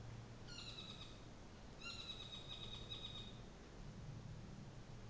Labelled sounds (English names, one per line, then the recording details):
North Island Saddleback
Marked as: faintness 2/5
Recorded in New Zealand on 24 December 2018
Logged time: 14:00